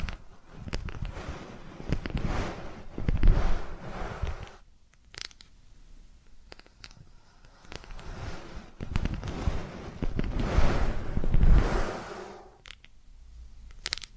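ASMR ear canal cleaning: soft rubbing and scraping sounds come in two long bursts, from the start to about 4.5 seconds and again from about 8 to 12 seconds, with a quiet pause between. Sharp little clicks and crackles are scattered throughout, over a low muffled rumble.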